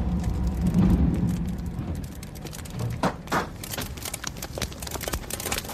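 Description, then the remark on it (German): A lone truck rumbles along the road between Ettertshausen and Maria-Ort at night with a low, steady engine drone, followed by sharp clattering and rattling bursts that grow busier toward the end. “Nur auf der Strecke Ettertshausen-Maria-Ort rattert einsam ein LKW durch die Nacht.”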